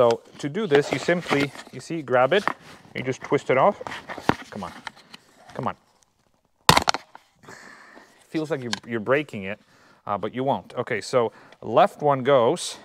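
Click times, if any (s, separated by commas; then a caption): 6.7 s. A plastic shift-cable end is twisted by hand off the ball stud of the old shifter in a Porsche 911 or Cayman, with someone talking and straining before a pause. At 6.7 s it pops off with a sharp snap followed by a few small ticks, and the cable end is released without breaking. The talking then resumes.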